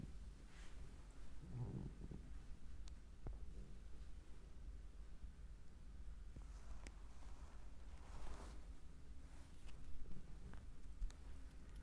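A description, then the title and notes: A foot massage: soft rubbing and kneading sounds, with low, murmuring swells around two seconds and again near eight seconds. Sharp little clicks and pats break in now and then, over a steady low hum that runs throughout. ASMR Relaxing foot massage.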